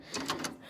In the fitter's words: locks into place